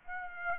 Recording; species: mosquito wingbeat signal from an infrared sensor; Aedes aegypti